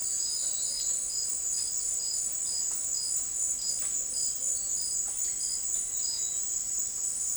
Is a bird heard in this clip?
no